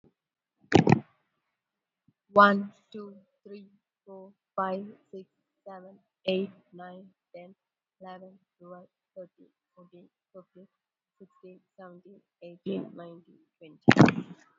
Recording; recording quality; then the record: counting at a normal pace; excellent, no background noise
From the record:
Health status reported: COVID-19 positive, moderate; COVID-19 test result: positive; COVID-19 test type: RT-PCR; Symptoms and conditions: cold, sore throat, loss of smell and taste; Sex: female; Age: 35 years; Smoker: no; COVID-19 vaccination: one dose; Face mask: worn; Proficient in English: yes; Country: India